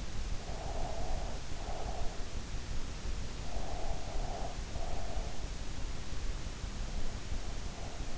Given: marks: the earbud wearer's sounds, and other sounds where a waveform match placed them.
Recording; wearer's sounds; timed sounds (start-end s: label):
sounds in sleep by an in-ear microphone; breath
0.25-2.29 s: breath
3.32-5.46 s: breath